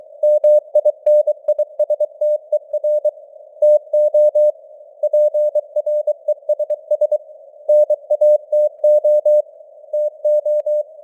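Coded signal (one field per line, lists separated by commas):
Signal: Morse code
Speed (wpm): 23 wpm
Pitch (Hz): 600 Hz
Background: none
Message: MINISTER TO PRESS NATO TO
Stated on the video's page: Morse news headlines at 23 wpm with simulated radio noise and varying signal strength (QSB).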